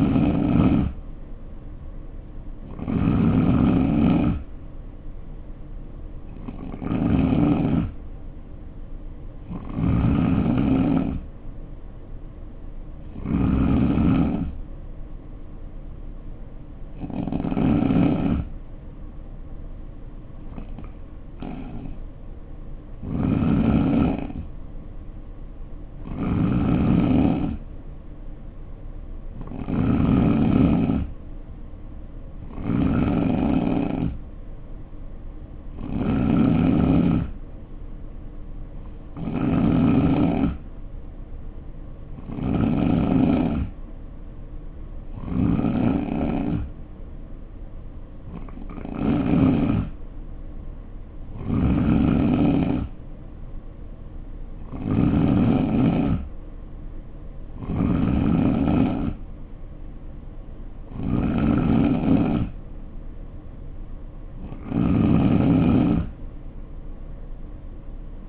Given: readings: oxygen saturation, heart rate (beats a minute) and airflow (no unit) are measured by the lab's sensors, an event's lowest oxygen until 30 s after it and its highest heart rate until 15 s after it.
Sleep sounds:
breathing in sleep by a smartphone at the bedside; 1
15.00-25.90 s: hypopnea (N3, oxygen 91% highest, then 88% lowest, heart rate 62 at the start, 69 highest)
From the record:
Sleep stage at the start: N3 (deep sleep); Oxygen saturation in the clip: 88 to 91%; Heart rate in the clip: 60 to 70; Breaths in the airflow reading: 21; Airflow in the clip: -4.8 to 3.1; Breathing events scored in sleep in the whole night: 520 in 7.2 hours asleep

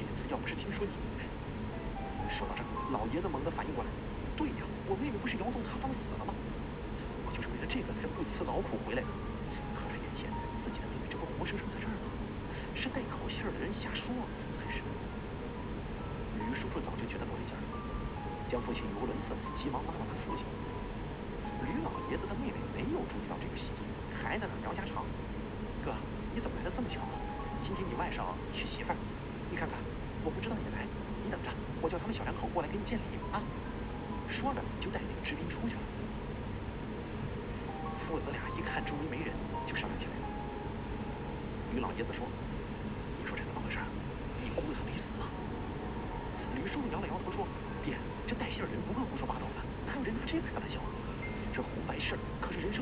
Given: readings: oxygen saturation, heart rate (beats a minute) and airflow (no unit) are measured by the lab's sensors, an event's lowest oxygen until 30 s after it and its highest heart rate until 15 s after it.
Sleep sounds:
breathing in sleep by a voice recorder at the bedside; none
none scored
From the record:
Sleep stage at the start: N1 (lightest sleep); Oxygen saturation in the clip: 94 to 95%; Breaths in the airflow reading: 18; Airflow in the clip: -1.4 to 2.1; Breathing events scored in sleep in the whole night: 335 in 6.7 hours asleep

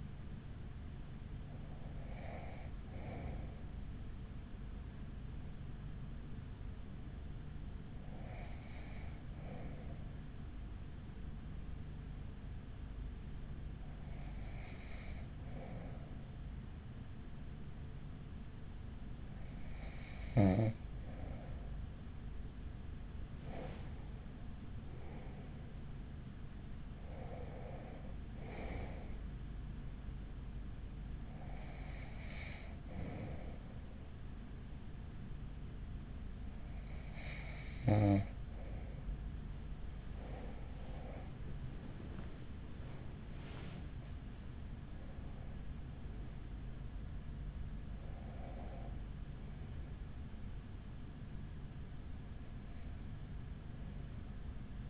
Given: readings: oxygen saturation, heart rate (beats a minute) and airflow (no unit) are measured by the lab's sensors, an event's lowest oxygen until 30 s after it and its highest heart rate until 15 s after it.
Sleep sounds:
breathing in sleep by a smartphone at the bedside; 2
9.00-24.60 s: hypopnea (N1, oxygen 95% highest, then 94% lowest, heart rate 44 at the start, 48 highest)
10.00-40.00 s: new sleep stage, N2 (light sleep)
33.00-44.40 s: hypopnea (N2, oxygen 94% highest, then 94% lowest, heart rate 45 at the start, 59 highest)
40.00-54.90 s: new sleep stage, awake
43.00-54.90 s: awake
From the record:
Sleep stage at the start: N1 (lightest sleep); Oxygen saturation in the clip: 94 to 95%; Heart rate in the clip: 41 to 59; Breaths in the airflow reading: 12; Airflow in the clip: -6.8 to 6.4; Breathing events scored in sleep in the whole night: 207 in 7.6 hours asleep

